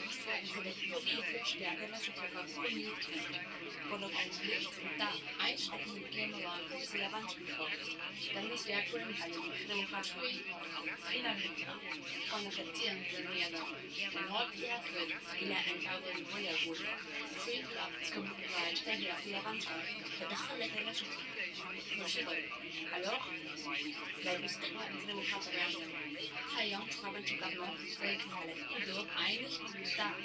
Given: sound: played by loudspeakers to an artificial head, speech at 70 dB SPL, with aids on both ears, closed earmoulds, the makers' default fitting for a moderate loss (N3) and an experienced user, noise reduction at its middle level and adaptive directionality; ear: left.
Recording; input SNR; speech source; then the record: speech test signal (ISTS) in cocktail-party noise; 0 dB; on the right (90 degrees)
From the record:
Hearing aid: class 2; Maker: C